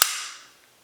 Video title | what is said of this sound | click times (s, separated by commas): Beginner's Guide to Cleaning a 1911 | Alright, it's clicked in, everything's good. | 0.0 s